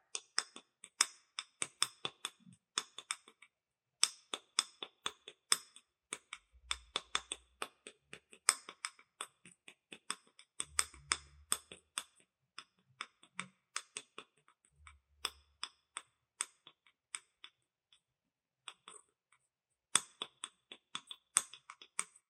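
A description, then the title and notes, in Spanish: Soft, quick tapping on different objects, crisp, with bright clicky strikes coming in rapid bursts and brief pauses. A few hollow, low thumps appear around 7, 11 and 15 seconds, and the rhythm stays busy but irregular throughout. ASMR Tapping Intenso. Los delicados sonidos producidos por los toques suaves y rápidos en diferentes objetos.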